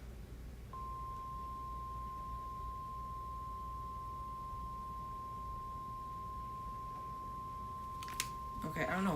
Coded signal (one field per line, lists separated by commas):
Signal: Emergency Alert System (SAME) tones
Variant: 1050 Hz attention tone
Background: speech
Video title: Hurricane Milton's Alerts | TH and Partial DH with SOOO MUCH TORNADO WARNINGS! | EAS #6-25/WEA #1-2